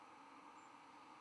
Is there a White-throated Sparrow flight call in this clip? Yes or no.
no